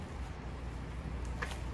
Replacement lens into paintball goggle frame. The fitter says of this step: pops into place and you can slide that tab forward on the other side just kind of pull it tight